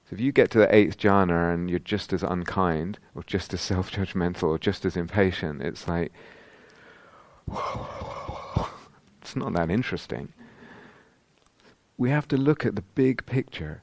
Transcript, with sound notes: So if you get to the eighth jhāna and you're just as unkind, or just as self-judgmental, or just as impatient, it's like... [yawning sound] It's not that interesting. We have to look at the big picture.